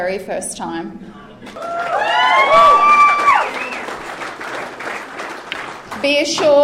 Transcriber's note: cheers